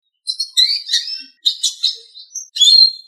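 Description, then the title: Bird chirps in a few short, bright bursts with quick twittering notes, separated by brief silences. "LuckyPassaros CompletosSama"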